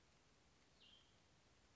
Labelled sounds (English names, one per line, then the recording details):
Cassin's Vireo
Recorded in Sonoma County, California